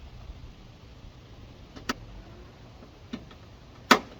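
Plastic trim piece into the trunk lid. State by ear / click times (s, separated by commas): seated / 3.9 s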